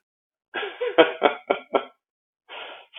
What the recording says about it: I was sick like 3 weeks ago, and for some reason, what stuck around is still a cough and a little bit of a weird voice.